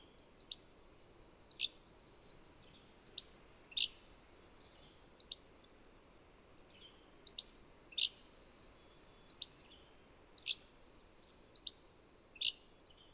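Bird chirps, short sharp high notes recurring every one to two seconds, sometimes in pairs, over light background noise.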